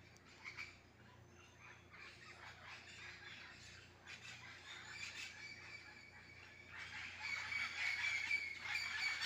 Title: El Canto de los pericos en la mata de Mango